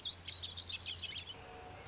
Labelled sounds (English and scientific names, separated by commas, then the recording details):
Lazuli Bunting (Passerina amoena)
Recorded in Sonoma County, California